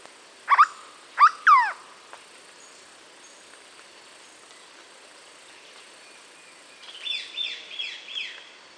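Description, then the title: Hooded berryeater calling with three nasal, slurred notes in the first two seconds, then quiet, then a higher, thin chattering near the end. "LuckyPassaro Completos2Sama. Hooded Berryeater (Carpornis cucullata)"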